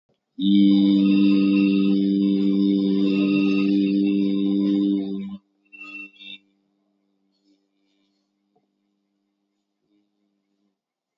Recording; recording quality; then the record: sustained vowel as in beet; excellent, no background noise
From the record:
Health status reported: COVID-19 positive, mild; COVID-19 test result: positive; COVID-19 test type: RT-PCR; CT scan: taken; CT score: 0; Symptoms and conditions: cough, cold, hypertension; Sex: male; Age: 50 years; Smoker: no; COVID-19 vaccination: one dose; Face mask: not worn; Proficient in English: yes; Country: India